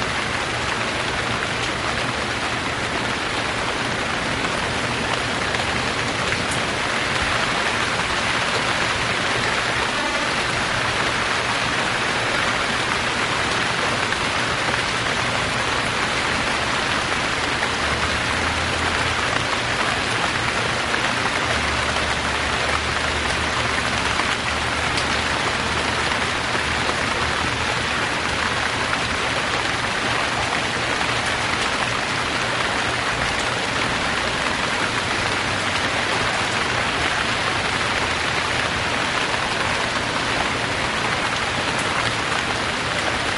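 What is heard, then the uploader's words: Steady, dense rain patters evenly throughout, a hissing wash with no letup. Beneath it a faint, low rumble of distant thunder rolls in around the middle, roughly between eighteen and twenty-seven seconds, then fades back under the rain. 8 Hours of Distant Thunder. The gentle rumble of thunder and the pitter-patter of rain.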